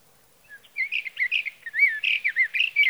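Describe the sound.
Sage Thrasher song, a fast continuous warble of varied slurred and chattering notes building after a soft start.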